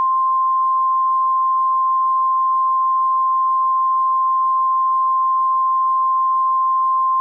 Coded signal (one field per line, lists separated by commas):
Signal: Emergency Alert System (SAME) tones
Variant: 1050 Hz attention tone